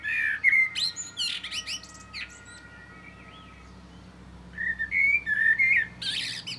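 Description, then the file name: Common blackbird singing: a fluty phrase ending in scratchy high twitters, a pause, then another whistled phrase of several warbled notes with a squeaky flourish. "Turdus merula"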